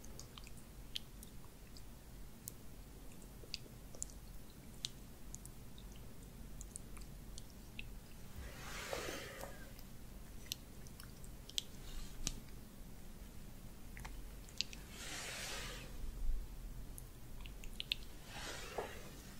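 Oil face massage and facial treatment: soft, moist squishing and rubbing over a low steady hum, dotted with frequent small clicks and taps. Three brighter swishing strokes of hands sliding over skin rise around nine, fifteen and eighteen seconds.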